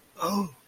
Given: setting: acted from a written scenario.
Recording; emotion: vocal sound without words; realization